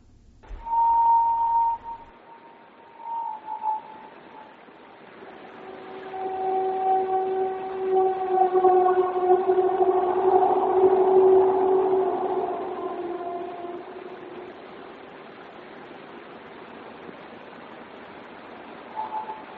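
A mysterious droning hum heard in the sky in Cádiz, Spain, known as The Hum, fills the air, a sustained layered tone that slowly swells to a loud, wavering peak midway before fading back down. No one speaks.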